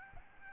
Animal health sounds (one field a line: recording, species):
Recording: mosquito wingbeat signal from an infrared sensor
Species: Aedes albopictus